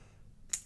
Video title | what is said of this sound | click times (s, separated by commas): CH T001 Spinner knife from China titanium framelock knife with Ceramic Bearings And S35VN steel | clicks right in | 0.5 s